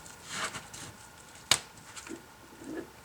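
A plastic credit card is slid down the edge seam of an iPad mini tablet to release the side retaining clips that hold the glass screen to the housing. Soft scraping and rustling lead up to a single sharp click at 1.5 s, followed by quieter handling sounds. The screen clip clicks open and is released.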